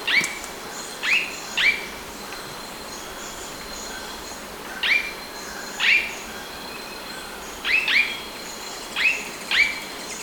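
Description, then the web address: Blue-rumped manakin calls: sharp, downslurred chipping notes given singly or in quick pairs at irregular intervals, over a steady background hiss. Recorded in Ecuador. "Birds of Ecuador. Blue-Rumped Manakin"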